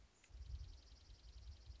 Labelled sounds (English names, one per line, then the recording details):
Dark-eyed Junco
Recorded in Sonoma County, California